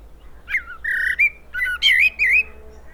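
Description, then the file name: Common blackbird singing mellow, fluty whistled notes that slide and waver, with a brief squeaky flourish in the middle. "Turdus merula"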